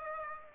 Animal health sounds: mosquito wingbeat signal from an infrared sensor; Aedes aegypti

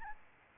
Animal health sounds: mosquito wingbeat signal from an infrared sensor; Aedes albopictus

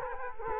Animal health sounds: mosquito wingbeat signal from an infrared sensor; Culex quinquefasciatus

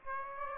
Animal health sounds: mosquito wingbeat signal from an infrared sensor; Aedes aegypti

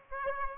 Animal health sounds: mosquito wingbeat signal from an infrared sensor; Aedes aegypti

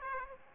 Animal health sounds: mosquito wingbeat signal from an infrared sensor; Aedes aegypti

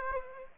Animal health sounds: mosquito wingbeat signal from an infrared sensor; Aedes aegypti

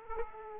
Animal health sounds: mosquito wingbeat signal from an infrared sensor; Aedes aegypti

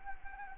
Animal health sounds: mosquito wingbeat signal from an infrared sensor; Anopheles arabiensis

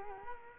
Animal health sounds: mosquito wingbeat signal from an infrared sensor; Culex quinquefasciatus

